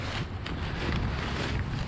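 A 4-inch external coupling is handled against corrugated perforated drain pipe, with brief faint ticks near 0.5, 0.9 and 1.6 seconds over steady, wind-like broadband noise. The coupling has not yet snapped into place, and nothing has seated or clicked by the end.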